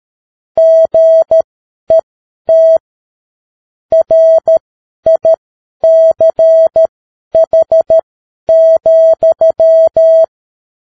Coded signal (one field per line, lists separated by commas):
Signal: Morse code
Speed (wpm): 13 wpm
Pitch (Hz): 650 Hz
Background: none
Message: GET RICH,